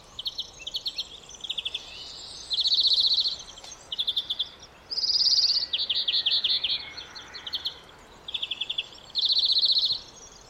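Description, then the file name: European greenfinch giving dry rattling trills and short buzzy twittered bursts, several phrases repeated throughout at high pitch, with steady background hiss. "Chloris chloris"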